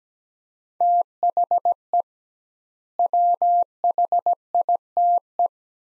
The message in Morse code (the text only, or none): THE WHITE